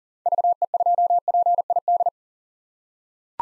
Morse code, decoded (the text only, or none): VE2PID